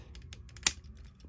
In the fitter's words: brilliant it's all clicked into place so we've got again a bit of a crude looking robot there